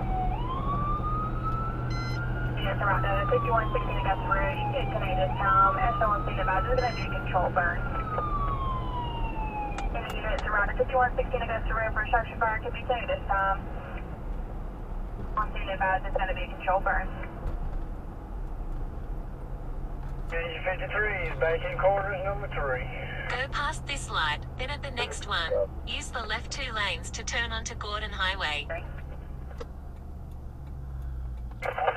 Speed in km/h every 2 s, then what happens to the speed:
92, 92, 92, 90, 87, 81, 74, 69, 66, 63, 63, 60, 56, 52, 45, 34.
0-6 steady at about 92. 6-32 slows to 34.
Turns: none.